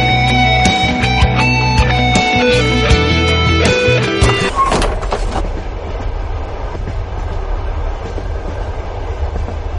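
Music with sharp rhythmic clicks gives way after a few seconds to the loud, steady rumble and rattle of a train rolling along the rails, with no voices.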